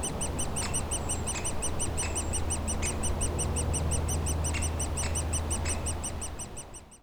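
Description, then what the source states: Woodpecker nestlings giving fast high begging chirps over a loud low aircraft drone, fading out at the end. Woodpecker nestlings squawking continuously in their cavity at the foot of a dead tree trunk, Bois Saint-Martin near Lognes aerodrome, Noisy-le-Grand, France; light aircraft and airliners overhead; DR-40X recorder.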